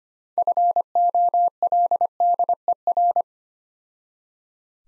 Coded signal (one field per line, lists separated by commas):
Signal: Morse code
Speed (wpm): 25 wpm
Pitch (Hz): 700 Hz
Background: none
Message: FOLDER